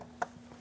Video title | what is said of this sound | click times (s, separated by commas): How to Replace Engine Crankshaft Vibration Damper 2003-2025 Chevrolet Express 2500 | Push until you hear a click. | 0.2 s